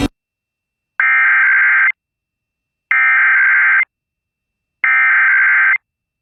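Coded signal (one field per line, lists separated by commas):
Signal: Emergency Alert System (SAME) tones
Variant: header bursts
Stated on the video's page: Statewide Required Monthly Test of the Emergency Alert System in Minnesota, shown with WeatherSTAR 4000.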